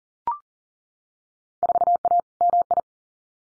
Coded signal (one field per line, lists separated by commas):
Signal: Morse code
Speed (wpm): 40 wpm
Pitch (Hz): 700 Hz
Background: none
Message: 4A MI